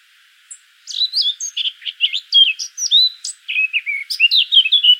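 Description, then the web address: Eurasian blackcap song, a lively stream of slurred whistles and sharp chirps that shifts pitch constantly. "pub SETE data Sylvia atricapilla 102016"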